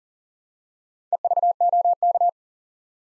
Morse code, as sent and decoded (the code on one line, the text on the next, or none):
. ...- --- -.-
EVOK